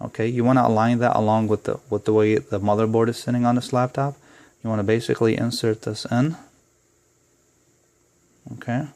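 Someone talks while a memory module for an Acer Aspire One KAV60 laptop is lined up by its notch and slid into the motherboard memory slot, ahead of being pressed down. After the talking there is a quiet stretch from about 6.5 to 8.4 seconds, then brief talk again. Nothing has seated or clicked yet.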